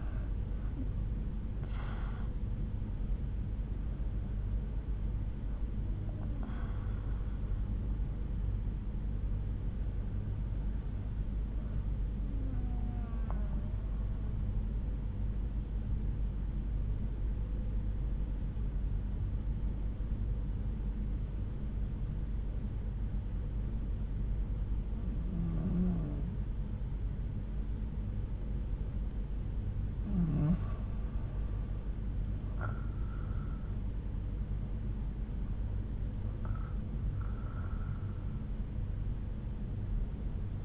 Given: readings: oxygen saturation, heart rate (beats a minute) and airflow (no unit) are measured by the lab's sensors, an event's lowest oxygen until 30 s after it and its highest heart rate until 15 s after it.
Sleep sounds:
breathing in sleep by a smartphone at the bedside; 1
12.00-32.70 s: hypopnea (N1, oxygen 93% highest, then 88% lowest)
28.00-40.65 s: new sleep stage, N2 (light sleep)
From the record:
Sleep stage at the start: N1 (lightest sleep); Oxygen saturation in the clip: 90 to 93%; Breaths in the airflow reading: 7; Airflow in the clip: -8.5 to 8.5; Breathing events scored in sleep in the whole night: 368 in 8.0 hours asleep

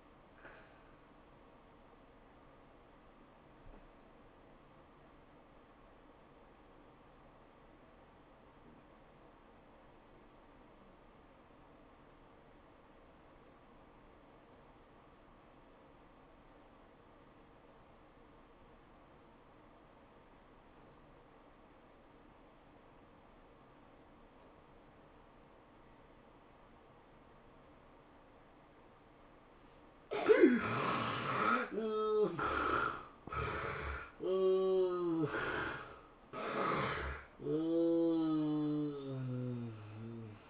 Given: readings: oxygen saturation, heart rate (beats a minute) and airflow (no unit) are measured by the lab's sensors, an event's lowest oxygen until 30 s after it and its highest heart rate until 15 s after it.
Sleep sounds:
breathing in sleep by a voice recorder at the bedside; 1
3.00-29.70 s: obstructive apnea (N1, oxygen 94% highest, then 61% lowest, heart rate 107 at the start, 112 highest)
From the record:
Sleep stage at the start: N1 (lightest sleep); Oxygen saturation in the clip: 64 to 94%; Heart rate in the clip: 77 to 112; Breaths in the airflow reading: 3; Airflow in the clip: -13.5 to 10.1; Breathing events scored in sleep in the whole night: 403 in 5.5 hours asleep

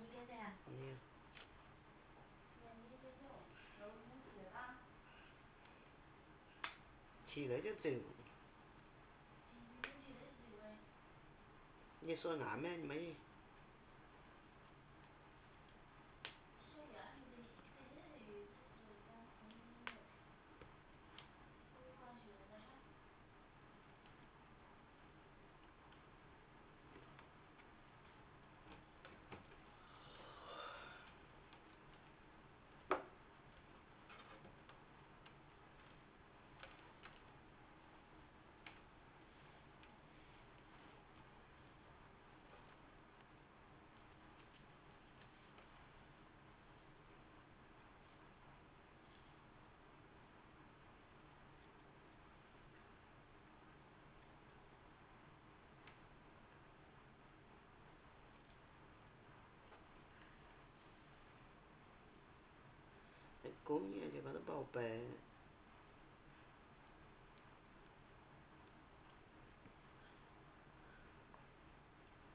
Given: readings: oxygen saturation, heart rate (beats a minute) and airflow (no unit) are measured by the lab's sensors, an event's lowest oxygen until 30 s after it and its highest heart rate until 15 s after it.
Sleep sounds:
a person awake in a sleep study, by a voice recorder at the bedside; none
0.00-72.35 s: awake
0.00-72.35 s: awake
From the record:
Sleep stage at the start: awake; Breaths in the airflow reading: 24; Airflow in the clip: -0.9 to 0.9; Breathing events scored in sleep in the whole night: 328 in 6.3 hours asleep

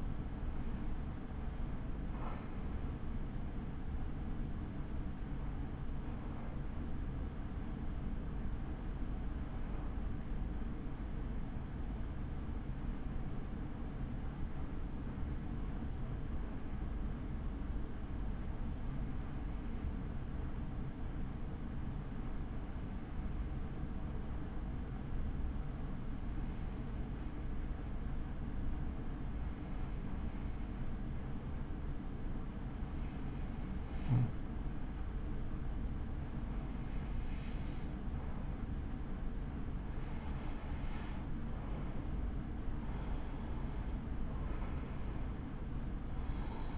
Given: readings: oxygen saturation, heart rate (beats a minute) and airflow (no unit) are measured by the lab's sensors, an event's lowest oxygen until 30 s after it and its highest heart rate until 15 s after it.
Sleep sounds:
breathing in sleep by a smartphone at the bedside; 1
5.00-39.30 s: hypopnea (REM, oxygen 96% highest, then 93% lowest, heart rate 56 at the start, 63 highest)
From the record:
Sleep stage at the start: REM sleep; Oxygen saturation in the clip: 93 to 96%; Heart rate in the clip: 54 to 59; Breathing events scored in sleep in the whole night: 83 in 6.1 hours asleep

